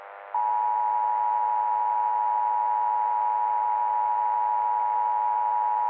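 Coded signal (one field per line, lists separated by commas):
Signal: Emergency Alert System (SAME) tones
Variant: 853 and 960 Hz attention tone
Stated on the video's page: Fictional SAME tones from an EAS scenario.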